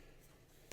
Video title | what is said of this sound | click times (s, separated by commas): AUTEL 36W Solar Panel with 15,000mAh Power Bank Tested! | We've got this USB-C cable on the side here that comes out, and it seems to kind of snap in place there. | 0.7 s